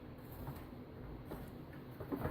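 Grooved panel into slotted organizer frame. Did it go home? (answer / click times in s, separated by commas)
no / none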